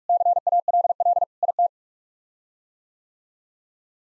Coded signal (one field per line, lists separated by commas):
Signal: Morse code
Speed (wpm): 46 wpm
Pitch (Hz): 700 Hz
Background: none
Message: CALL IT